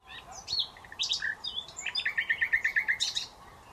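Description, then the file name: Common nightingale song: a few varied chirps and slurred notes, then a quick, evenly spaced run of many repeated notes. "Luscinia megarhynchos"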